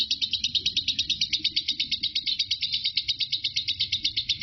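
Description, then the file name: Lovebird in continuous chatter, fast rhythmic high-pitched rattling notes with no break; soft low background hum. Lovebird named Marco singing ngekek; recording lasts 5 minutes 25 seconds. "suara burung lovebird Marco durasi ngekek 5 menit 25 detik"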